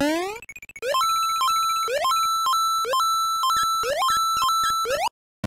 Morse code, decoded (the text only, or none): none